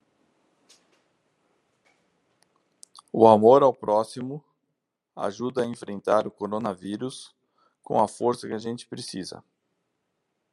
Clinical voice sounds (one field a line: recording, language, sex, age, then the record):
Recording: spoken sentence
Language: Brazilian Portuguese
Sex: male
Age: 40 to 49 years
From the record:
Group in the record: control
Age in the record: 49 years